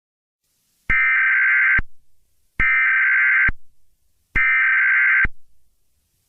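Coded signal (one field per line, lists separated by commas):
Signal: Emergency Alert System (SAME) tones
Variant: header bursts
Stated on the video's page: Fictional EAS mock scenario using valid EAS tones.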